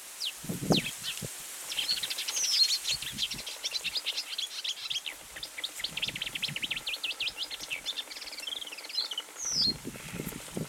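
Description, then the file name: Marsh warbler delivering a long, dense stream of rapid chattering notes, trills and inserted whistles, changing phrase every moment, with faint low rustling in the background. Recorded on 10 July 2019. "20190710 karrsangare"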